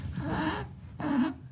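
Two noisy, effortful breaths come in quick succession, each with a low, moaning, grunt-like tone under the airflow. This is labored breathing in an infant with RSV, a baby fighting for air; RSV can be lethal.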